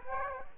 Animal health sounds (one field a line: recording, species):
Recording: mosquito wingbeat signal from an infrared sensor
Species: Culex quinquefasciatus